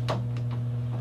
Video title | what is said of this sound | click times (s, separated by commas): Hasbro Transformers Titans Return Galvatron REVIEW | and snaps into place there we'll fold those two pieces down | 0.4 s